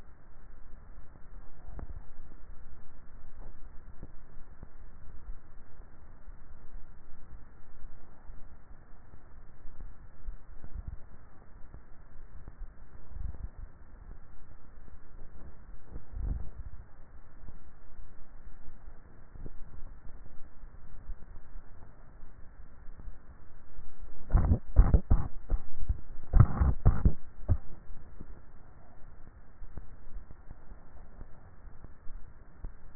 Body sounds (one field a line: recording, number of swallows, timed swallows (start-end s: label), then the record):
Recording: swallowing sounds by neck microphone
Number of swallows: 2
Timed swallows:
3.62-4.18 s: swallow
19.58-20.18 s: swallow
From the record:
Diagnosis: dysphagia